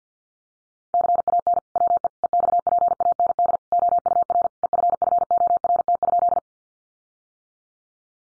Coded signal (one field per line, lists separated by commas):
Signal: Morse code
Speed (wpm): 50 wpm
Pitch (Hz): 700 Hz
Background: none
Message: CAN WE EXPAND OUR EFFORT?